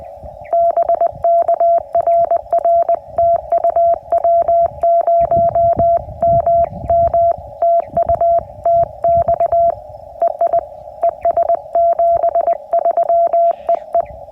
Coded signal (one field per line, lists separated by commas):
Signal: Morse code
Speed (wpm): 20 wpm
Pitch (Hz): 680 Hz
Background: radio noise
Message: BK RR TU W0MM TU TX EI ES 73 EE